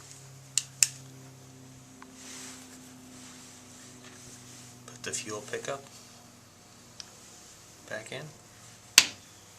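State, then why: Seated. Someone talks while pushing the fuel pickup tube back into the body of a small-engine lawn mower carburetor, with brief ticks near 0.6 and 0.8 seconds and handling noises around 5 to 6 and 8 seconds. One sharp, loud click at 9.0 seconds shows the fuel pickup seating in place.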